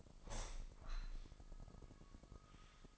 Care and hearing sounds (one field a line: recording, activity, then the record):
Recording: daily activity, microphone in the room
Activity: open window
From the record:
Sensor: 5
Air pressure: 1004.7 hPa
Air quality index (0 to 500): 82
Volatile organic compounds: 2 ppm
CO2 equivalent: 981 ppm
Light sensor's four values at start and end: 34/79/32/31 and 34/79/32/31